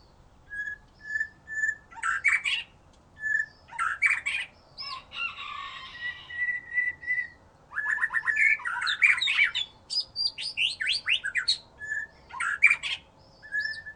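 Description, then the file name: White-rumped shama singing short phrases between pauses, flat whistled notes alternating with dense chattering bursts and quick upward sweeps. "murai batu"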